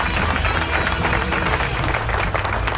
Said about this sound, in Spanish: Así que bueno, un aplauso.